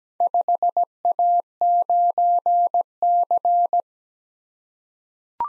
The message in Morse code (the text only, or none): 5A9C